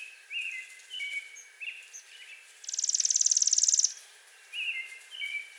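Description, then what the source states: Chipping sparrow sings one quick, mechanical trill of rapid chips for about a second, surrounded by scattered chirps and whistles from other birds. Five songs recorded on 7 May 2020.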